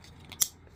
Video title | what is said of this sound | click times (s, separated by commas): APR Ultracharger Harness Re-Pin For 034motorsports Software | And you heard a snap, so of course I forgot to mention that. | 0.4 s